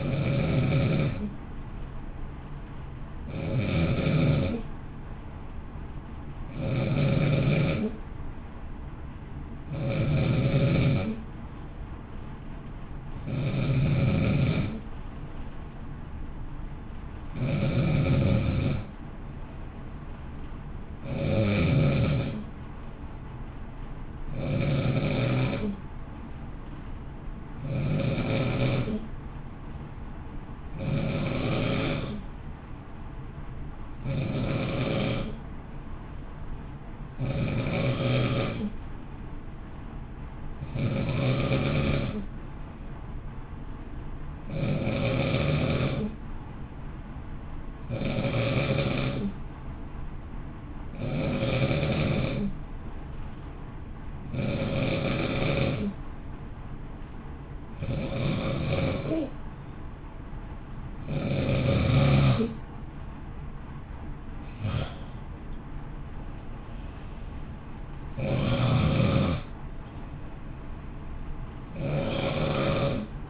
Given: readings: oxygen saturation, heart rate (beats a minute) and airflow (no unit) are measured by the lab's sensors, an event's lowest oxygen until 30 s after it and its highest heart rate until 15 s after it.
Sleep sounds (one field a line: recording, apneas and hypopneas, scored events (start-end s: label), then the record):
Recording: breathing in sleep by a smartphone at the bedside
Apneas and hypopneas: 1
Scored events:
14.00-40.70 s: hypopnea (N2, oxygen 93% highest, then 91% lowest, heart rate 55 at the start, 57 highest)
From the record:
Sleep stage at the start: N2 (light sleep)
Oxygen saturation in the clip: 91 to 93%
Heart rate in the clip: 53 to 60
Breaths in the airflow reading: 26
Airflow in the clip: -0.6 to 0.6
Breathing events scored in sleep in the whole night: 328 in 6.3 hours asleep